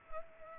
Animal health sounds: mosquito wingbeat signal from an infrared sensor; Culex pipiens

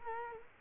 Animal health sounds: mosquito wingbeat signal from an infrared sensor; Culex quinquefasciatus

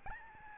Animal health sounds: mosquito wingbeat signal from an infrared sensor; Aedes albopictus

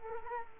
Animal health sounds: mosquito wingbeat signal from an infrared sensor; Culex quinquefasciatus

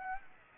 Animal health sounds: mosquito wingbeat signal from an infrared sensor; Aedes aegypti

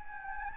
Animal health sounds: mosquito wingbeat signal from an infrared sensor; Anopheles gambiae

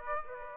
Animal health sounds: mosquito wingbeat signal from an infrared sensor; Aedes aegypti

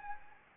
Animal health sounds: mosquito wingbeat signal from an infrared sensor; Anopheles gambiae

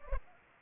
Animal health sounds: mosquito wingbeat signal from an infrared sensor; Culex pipiens

